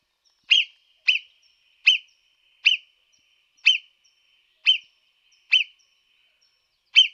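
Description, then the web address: Marmot: eight short, high, piercing whistles at somewhat uneven intervals, with nothing else audible. "audio-versi-animali Marmotta da xenocanto"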